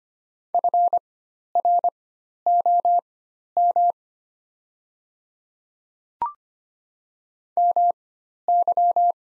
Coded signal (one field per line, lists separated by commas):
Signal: Morse code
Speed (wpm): 25 wpm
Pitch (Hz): 700 Hz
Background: none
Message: FROM MY